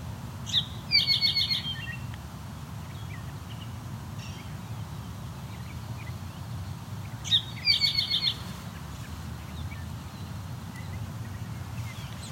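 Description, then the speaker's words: Great Crested Flycatcher calling twice, each time a crisp whistled note then a fast burry string of notes, roughly seven seconds apart, with faint chips and low background hum. Calling again near a field beside a valley full of dogwoods; a big bird for a flycatcher. "That again is a call from the great crested flycatcher."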